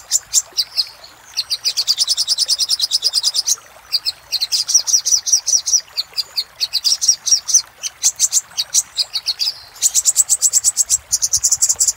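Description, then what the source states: Little spiderhunter singing long rapid trills of high, piercing notes, alternating with slower spaced chips and brief pauses. Master recording used for training cage birds; labaik variant.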